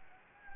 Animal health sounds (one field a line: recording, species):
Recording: mosquito wingbeat signal from an infrared sensor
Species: Anopheles gambiae